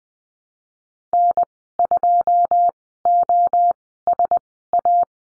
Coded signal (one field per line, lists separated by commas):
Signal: Morse code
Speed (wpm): 20 wpm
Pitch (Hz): 700 Hz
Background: none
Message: N2OSA